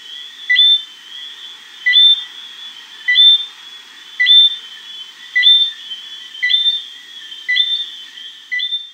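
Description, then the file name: Johnstone's whistling frog giving two-note whistles, a lower note followed by a higher one, repeated about every second over a steady high background tone. "Eleutherodactylus johnstonei"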